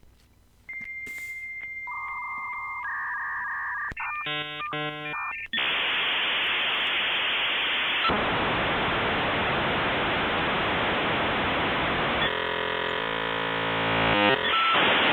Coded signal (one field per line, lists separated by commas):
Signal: dial-up modem handshake